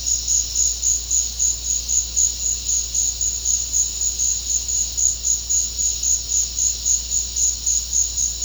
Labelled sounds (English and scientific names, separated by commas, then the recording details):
none
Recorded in secondary vegetation near Puerto Asís, Putumayo, Colombia, on 9 March 2025 at 16:00
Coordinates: 0.484, -76.319
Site G010